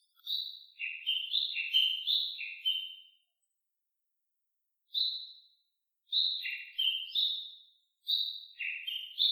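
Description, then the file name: Japanese bush warbler valley-crossing call: long rapid runs of high, sharp notes alternating up and down in pitch, one extended burst, a pause, then several shorter series. Valley-crossing call (taniwatari) recorded on 10 July 2015 at 07:23 in the morning. "Uguisu Taniwatari 20150710-072346"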